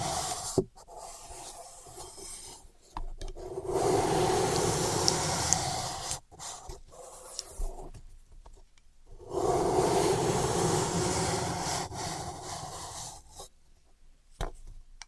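Floral foam being handled, with sharp taps near the start and end and dense, gritty crushing and scraping that swells in two long stretches, around 3.5 to 6 seconds and 9.5 to 12 seconds. Between them come quieter rubbing and short pauses of near silence.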